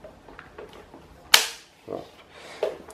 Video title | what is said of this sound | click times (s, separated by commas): Ventilador Britânia Ventus 400 Turbo Como encaixar e desencaixar a Grade da frente | escutou o barulhinho já tá certo tá travado | 1.3 s